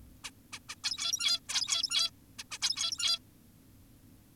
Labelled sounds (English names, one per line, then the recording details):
Zebra Finch
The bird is an adult
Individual g17y2U